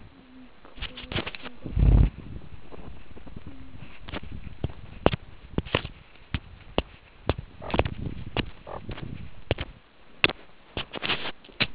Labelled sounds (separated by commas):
meerkat close call